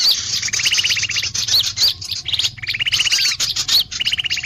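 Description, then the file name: Birds calling together: sharp high chirps and slurred whistles over repeated buzzy rattling trills, each trill lasting about a second, with a faint low hum underneath. Lure call (pikat), described as a thousand birds. "pikat-1000-burung"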